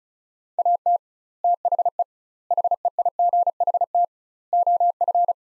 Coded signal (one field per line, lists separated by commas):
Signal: Morse code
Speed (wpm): 36 wpm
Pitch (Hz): 700 Hz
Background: none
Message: AT THE HEIGHT OF